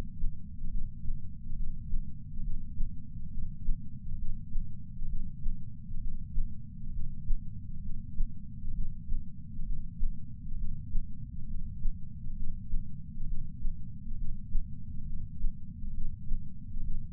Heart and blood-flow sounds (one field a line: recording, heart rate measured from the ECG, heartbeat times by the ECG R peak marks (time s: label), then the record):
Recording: heart sounds by patch sensor on the chest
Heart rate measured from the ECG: 67 bpm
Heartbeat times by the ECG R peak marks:
0.66 s: heartbeat
1.52 s: heartbeat
2.39 s: heartbeat
3.27 s: heartbeat
4.14 s: heartbeat
5.05 s: heartbeat
5.97 s: heartbeat
6.89 s: heartbeat
7.79 s: heartbeat
8.70 s: heartbeat
9.61 s: heartbeat
10.54 s: heartbeat
11.44 s: heartbeat
12.32 s: heartbeat
13.23 s: heartbeat
14.13 s: heartbeat
15.02 s: heartbeat
15.89 s: heartbeat
16.79 s: heartbeat
From the record:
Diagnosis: coronary artery disease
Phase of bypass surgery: preoperative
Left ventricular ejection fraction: 53.1%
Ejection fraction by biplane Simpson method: 48.3%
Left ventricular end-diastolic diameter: 61 mm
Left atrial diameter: 40 mm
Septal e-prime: 7 cm/s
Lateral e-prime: 11.9 cm/s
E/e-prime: 9.8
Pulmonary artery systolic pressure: 34 mmHg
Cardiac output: 5.1 L/min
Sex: female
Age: 60 years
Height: 158 cm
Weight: 54 kg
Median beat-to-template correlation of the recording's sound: 0.90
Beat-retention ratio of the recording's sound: 1.00